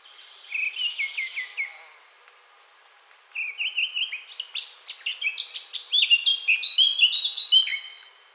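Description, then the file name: Eurasian blackcap giving a short series of even chirped notes, a pause, then a longer rich phrase of varied whistles. "Sylvia atricapilla"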